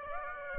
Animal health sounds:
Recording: mosquito wingbeat signal from an infrared sensor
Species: Aedes aegypti

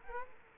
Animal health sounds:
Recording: mosquito wingbeat signal from an infrared sensor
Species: Culex quinquefasciatus

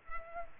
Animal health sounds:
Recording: mosquito wingbeat signal from an infrared sensor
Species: Culex quinquefasciatus

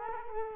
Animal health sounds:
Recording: mosquito wingbeat signal from an infrared sensor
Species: Culex quinquefasciatus

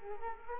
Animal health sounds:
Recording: mosquito wingbeat signal from an infrared sensor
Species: Culex quinquefasciatus

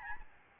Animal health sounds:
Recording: mosquito wingbeat signal from an infrared sensor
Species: Aedes albopictus

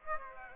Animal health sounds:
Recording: mosquito wingbeat signal from an infrared sensor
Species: Aedes aegypti

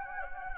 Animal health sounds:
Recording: mosquito wingbeat signal from an infrared sensor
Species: Anopheles gambiae

